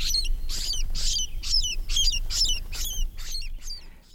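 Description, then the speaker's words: Spotted Sandpiper scold call: harsh, whining notes with downslurred high whistles, repeated about twice a second and fading toward the end, with low rumble beneath. Harsh whining scold call given by the male on nest duty when someone gets too close to the eggs. "Once those eggs are in the nest and dad is on duty, if you get too close, he may scold you with a harsh whining call."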